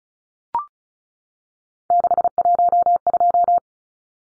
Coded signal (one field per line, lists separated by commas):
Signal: Morse code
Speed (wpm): 34 wpm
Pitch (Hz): 700 Hz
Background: none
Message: 612